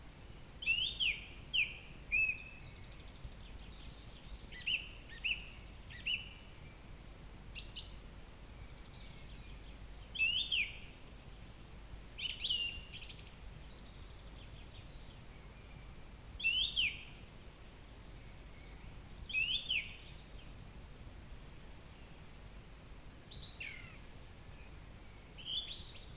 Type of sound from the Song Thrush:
song